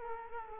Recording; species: mosquito wingbeat signal from an infrared sensor; Culex quinquefasciatus